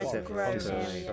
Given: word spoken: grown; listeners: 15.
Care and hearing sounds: one English word in noise, from a listening test; four-talker babble; -2.0 dB; 2 of 15; 8 of 15; 0.73 s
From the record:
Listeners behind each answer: 8, 2, 1, 1, 1, 1, 1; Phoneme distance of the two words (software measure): 7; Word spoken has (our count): 1 syllable, 4 phonemes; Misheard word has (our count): 1 syllable, 3 phonemes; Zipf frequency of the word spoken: 4.73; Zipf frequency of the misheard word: 4.93

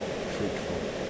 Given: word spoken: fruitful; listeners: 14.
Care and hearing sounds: one English word in noise, from a listening test; speech-shaped noise; -5.7 dB; 3 of 14; 7 of 14; 0.70 s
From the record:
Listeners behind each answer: 7, 3, 2, 1, 1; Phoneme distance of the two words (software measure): 20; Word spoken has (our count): 2 syllables, 7 phonemes, stress on syllable 1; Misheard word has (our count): 2 syllables, 7 phonemes, stress on syllable 1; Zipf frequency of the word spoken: 3.08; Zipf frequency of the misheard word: 3.33

